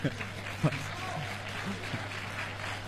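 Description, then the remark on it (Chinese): A Tianjin audience applauds a crosstalk performance, a dense, steady crackle of many hands clapping that runs the full three seconds with a few sharper claps standing out, fairly soft overall. “谢谢，首先感谢大家热情的掌声。”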